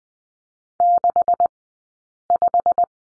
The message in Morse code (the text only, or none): 65